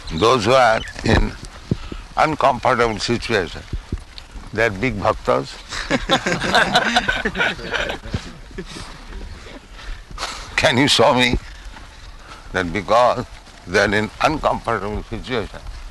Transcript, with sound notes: Those who are in uncomfortable situation, they are big bhaktas? [laughter] Can you show me that because they're in uncomfortable situation,